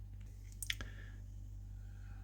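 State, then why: Seated. A GE microwave door interlock switch is slid into its plastic mounting bracket while the red tab is pushed down, and it needed an extra push before it snapped into place. Two sharp clicks are heard at 0.6 s and 0.7 s over a steady low hum, and the switch is seated in the bracket.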